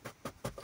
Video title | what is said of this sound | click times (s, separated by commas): 2018 Dodge Durango Cabin Air Filter Replacement | basically pull this thing out, just like that. Just hear it pop, I'll put it back in. | 0.1 s, 0.5 s